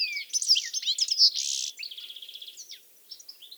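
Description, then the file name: European goldfinch twittering song, tumbling high chirps and a buzzy patch, then a fast dry trill before the bird falls quieter. "Carduelis carduelis"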